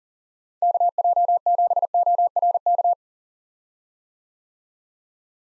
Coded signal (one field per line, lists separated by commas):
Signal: Morse code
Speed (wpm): 40 wpm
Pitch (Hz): 700 Hz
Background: none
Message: KJ7ORK